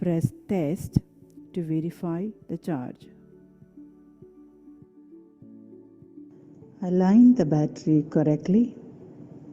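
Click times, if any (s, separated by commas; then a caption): none. A battery pack is lined up for mounting onto a powered air respirator (turbo) blower unit while someone talks over soft background music. Nothing has seated or clicked yet.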